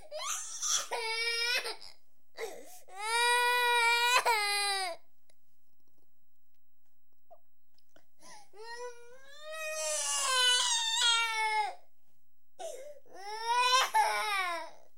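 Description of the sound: A 4-year-old child cries in sobbing bursts, each a few seconds long with rising and falling wails, separated by pauses of silence. The voice is high and strained.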